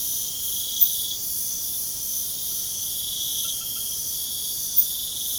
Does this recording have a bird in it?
no